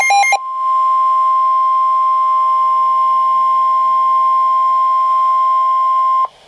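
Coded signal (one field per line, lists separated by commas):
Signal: Emergency Alert System (SAME) tones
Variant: 1050 Hz attention tone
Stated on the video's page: Two-header severe thunderstorm warnings received off NOAA Weather Radio stations on 162.400 and 162.500 MHz.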